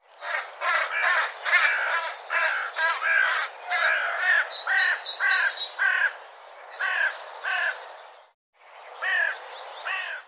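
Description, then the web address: Bird uttering harsh, raspy caws in quick succession, with a thinner buzzy note series partway through and a brief pause near the end. "cianscape birddata Deverinetal"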